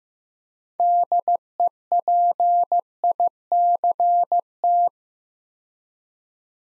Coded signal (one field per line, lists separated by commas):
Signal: Morse code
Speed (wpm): 15 wpm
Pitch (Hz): 700 Hz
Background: none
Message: DEPICT